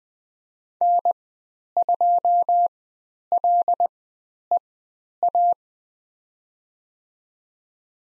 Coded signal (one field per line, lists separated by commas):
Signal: Morse code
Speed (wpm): 20 wpm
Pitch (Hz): 700 Hz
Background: none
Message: N2LEA